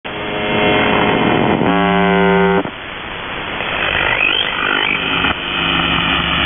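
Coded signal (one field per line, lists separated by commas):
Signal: channel marker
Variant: UVB-76 (The Buzzer)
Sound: harsh low buzz bursts with rich harmonics between stretches of shortwave hiss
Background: radio static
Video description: "The Buzzer" is a Russian military station that broadcasts on 4625 kHz.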